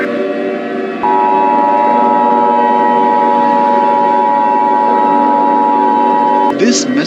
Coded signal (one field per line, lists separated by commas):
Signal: Emergency Alert System (SAME) tones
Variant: 853 and 960 Hz attention tone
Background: speech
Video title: Mega Murderers on the loose An EAS Scenario